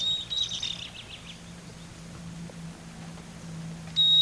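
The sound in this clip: Bird call: a high whistled note at the start with fuzzy trailing chirps, then a similar whistle near the end, over a low hum.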